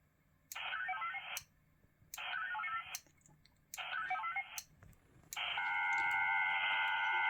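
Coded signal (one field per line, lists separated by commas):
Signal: HF data modem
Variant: VARA HF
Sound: three short hissy data bursts with gaps, then steady hiss carrying three constant tones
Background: radio static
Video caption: [Wireless Winlink session]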